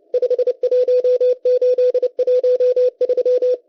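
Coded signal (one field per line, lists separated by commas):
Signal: Morse code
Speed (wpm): 30 wpm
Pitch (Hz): 500 Hz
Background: none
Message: 51813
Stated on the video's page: Russian M12 number station sending Morse numbers on 11139 kHz, received via KiwiSDR.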